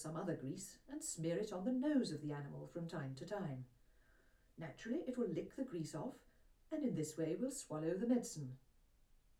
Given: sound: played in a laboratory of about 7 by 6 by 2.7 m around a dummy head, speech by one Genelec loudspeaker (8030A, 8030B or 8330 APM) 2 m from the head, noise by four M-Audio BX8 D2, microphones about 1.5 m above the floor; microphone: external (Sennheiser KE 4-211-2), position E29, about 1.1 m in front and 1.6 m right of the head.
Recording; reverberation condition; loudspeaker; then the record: female speech in English; low; 90 degrees to the left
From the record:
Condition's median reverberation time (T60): about 310 ms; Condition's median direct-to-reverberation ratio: about 3.5 dB